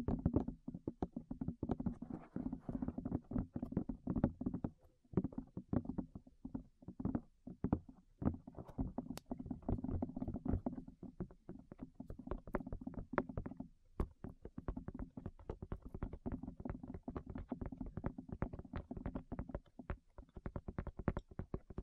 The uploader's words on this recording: ASMR Tap Your Ears 3Dio (No Talking).